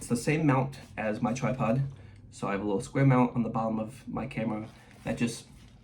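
A small square mount plate on the bottom of a camera, the same mount as a tripod, is handled near the quick-release clip on a camera strap while someone talks. Nothing has seated or clicked into the clip yet.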